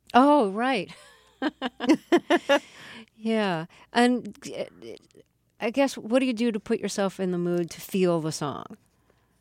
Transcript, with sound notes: Oh, right.
(Soundbite of laughter)
Yeah, and I guess what do you do to put yourself in the mood to feel the song?